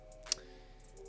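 A spring-loaded pull pin (pop pin) on a steel rack attachment snaps into its hole to lock the attachment onto a bench or rack frame. A single sharp metallic click is heard at 0.3 s over a faint, steady background hum, followed by a few soft, quiet ticks. The pin seats and the attachment is secured in place.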